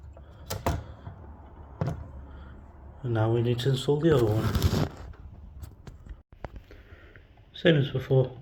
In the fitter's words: push it in until it clicks on both sides